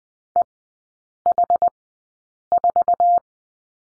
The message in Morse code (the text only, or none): EH4